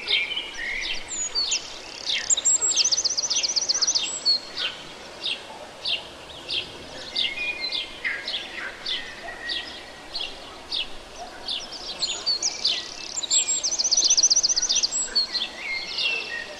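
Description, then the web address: Eurasian wren bursts into rapid high trilled phrases twice, with many high chirps throughout. Urdaibai estuary (Oka), Spain. "estuario oka Chochín"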